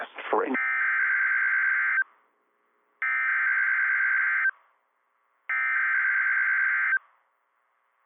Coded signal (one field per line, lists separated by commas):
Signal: Emergency Alert System (SAME) tones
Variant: header bursts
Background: speech